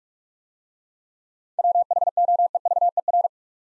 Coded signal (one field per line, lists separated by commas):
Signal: Morse code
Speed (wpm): 44 wpm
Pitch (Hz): 700 Hz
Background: none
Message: WHOEVER